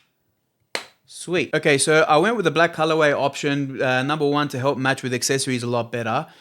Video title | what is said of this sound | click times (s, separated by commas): Samsung Galaxy S26 Ultra + Galaxy Buds4 Pro: Unboxing & First Impressions! | Okay, so they snap into place into the case pretty easily. Sweet. | 0.8 s